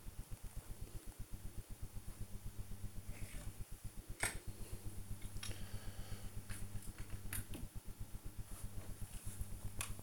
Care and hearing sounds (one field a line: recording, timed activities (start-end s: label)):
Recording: household activities, microphone on the right wrist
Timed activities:
0.00-10.03 s: build with lego